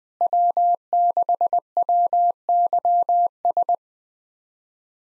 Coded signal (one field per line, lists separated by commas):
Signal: Morse code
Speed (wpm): 20 wpm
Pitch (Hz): 700 Hz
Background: none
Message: W6WYS